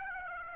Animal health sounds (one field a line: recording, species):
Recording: mosquito wingbeat signal from an infrared sensor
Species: Aedes aegypti